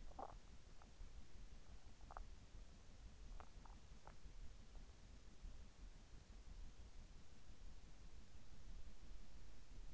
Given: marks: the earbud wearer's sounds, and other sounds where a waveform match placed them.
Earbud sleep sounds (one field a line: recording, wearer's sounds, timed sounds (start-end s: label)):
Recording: sounds in sleep by an in-ear microphone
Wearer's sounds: swallowing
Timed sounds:
0.00-4.37 s: swallowing